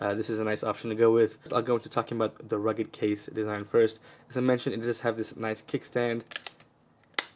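Someone talks while the fold-out kickstand on a rugged plastic Poetic phone case for a Samsung S10 is swung open. A sharp click at 7.2 s marks the kickstand snapping into its detent and locking in place.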